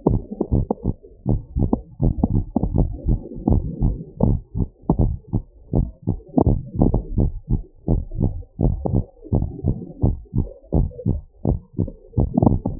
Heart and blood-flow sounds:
heart sounds
0.00	0.12	systole
0.12	0.22	S2
0.22	0.52	diastole
0.52	0.66	S1
0.66	0.86	systole
0.86	0.94	S2
0.94	1.28	diastole
1.28	1.40	S1
1.40	1.58	systole
1.58	1.70	S2
1.70	2.02	diastole
2.02	2.14	S1
2.14	2.34	systole
2.34	2.46	S2
2.46	2.76	diastole
2.76	2.90	S1
2.90	3.08	systole
3.08	3.20	S2
3.20	3.48	diastole
3.48	3.64	S1
3.64	3.82	systole
3.82	3.96	S2
3.96	4.24	diastole
4.24	4.40	S1
4.40	4.60	systole
4.60	4.68	S2
4.68	5.00	diastole
5.00	5.14	S1
5.14	5.34	systole
5.34	5.42	S2
5.42	5.74	diastole
5.74	5.88	S1
5.88	6.08	systole
6.08	6.18	S2
6.18	6.48	diastole
6.48	6.62	S1
6.62	6.78	systole
6.78	6.92	S2
6.92	7.18	diastole
7.18	7.32	S1
7.32	7.52	systole
7.52	7.62	S2
7.62	7.90	diastole
7.90	8.04	S1
8.04	8.22	systole
8.22	8.32	S2
8.32	8.64	diastole
8.64	8.76	S1
8.76	8.92	systole
8.92	9.02	S2
9.02	9.34	diastole
9.34	9.48	S1
9.48	9.66	systole
9.66	9.78	S2
9.78	10.04	diastole
10.04	10.16	S1
10.16	10.36	systole
10.36	10.46	S2
10.46	10.74	diastole
10.74	10.88	S1
10.88	11.06	systole
11.06	11.18	S2
11.18	11.48	diastole
11.48	11.58	S1
11.58	11.80	systole
11.80	11.88	S2
11.88	12.18	diastole
12.18	12.30	S1
12.30	12.42	systole
12.42	12.58	S2
12.58	12.80	diastole
From the record:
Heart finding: normal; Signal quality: good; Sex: female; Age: 63 years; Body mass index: 36.7

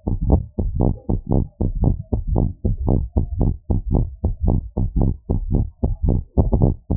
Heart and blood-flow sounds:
heart sounds
0.00	0.05	diastole
0.05	0.13	S1
0.13	0.27	systole
0.27	0.43	S2
0.43	0.59	diastole
0.59	0.69	S1
0.69	0.81	systole
0.81	0.93	S2
0.93	1.09	diastole
1.09	1.19	S1
1.19	1.35	systole
1.35	1.45	S2
1.45	1.61	diastole
1.61	1.69	S1
1.69	1.83	systole
1.83	1.97	S2
1.97	2.11	diastole
2.11	2.21	S1
2.21	2.33	systole
2.33	2.49	S2
2.49	2.65	diastole
2.65	2.75	S1
2.75	2.89	systole
2.89	3.03	S2
3.03	3.17	diastole
3.17	3.27	S1
3.27	3.41	systole
3.41	3.55	S2
3.55	3.69	diastole
3.69	3.79	S1
3.79	3.93	systole
3.93	4.09	S2
4.09	4.23	diastole
4.23	4.33	S1
4.33	4.47	systole
4.47	4.61	S2
4.61	4.77	diastole
4.77	4.87	S1
4.87	5.03	systole
5.03	5.15	S2
5.15	5.31	diastole
5.31	5.39	S1
5.39	5.53	systole
5.53	5.67	S2
5.67	5.83	diastole
5.83	5.93	S1
5.93	6.07	systole
6.07	6.21	S2
6.21	6.37	diastole
6.37	6.47	S1
6.47	6.61	systole
6.61	6.73	S2
6.73	6.89	diastole
6.89	6.97	S1
From the record:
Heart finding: abnormal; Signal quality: good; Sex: female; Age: 48 years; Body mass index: 24.7

